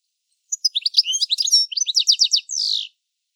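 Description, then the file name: European goldfinch twittering: a quick run of bright, liquid chirps lasting about two seconds, ending in a buzzy, nasal drawn-out note. No other sounds. "Carduelis carduelis"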